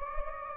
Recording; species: mosquito wingbeat signal from an infrared sensor; Anopheles gambiae